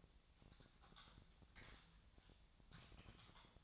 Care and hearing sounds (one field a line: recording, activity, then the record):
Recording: daily activity, microphone in the room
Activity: typing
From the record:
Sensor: 3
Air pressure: 999.2 hPa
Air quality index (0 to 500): 206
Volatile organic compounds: 55 ppm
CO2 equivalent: 3362 ppm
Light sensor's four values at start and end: 8/20/7/8 and 8/20/7/8